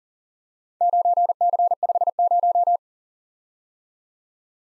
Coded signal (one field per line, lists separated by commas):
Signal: Morse code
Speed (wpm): 38 wpm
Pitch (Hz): 700 Hz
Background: none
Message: 9C50